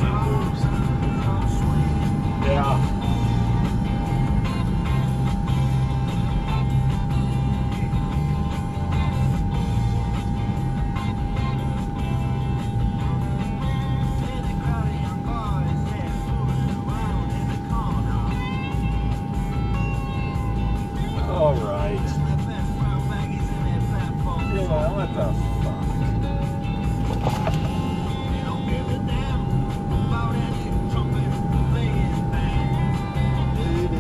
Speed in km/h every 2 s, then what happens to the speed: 82, 68, 52, 39, 27, 18, 5, 0, 0, 0, 0, 0, 0, 16, 35, 48, 60.
0-13 brakes to 0. 13-24 standing. 24-34 pulls away to 60.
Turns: none.